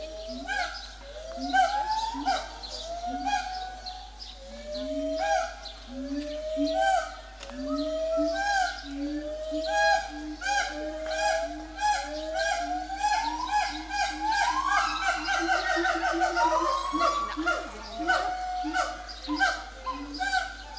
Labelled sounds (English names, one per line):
Siamang